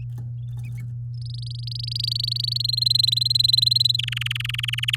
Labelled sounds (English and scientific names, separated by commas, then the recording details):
Domestic Canary (Serinus canaria) song
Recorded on 9 May 2018 at 11:23
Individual llb16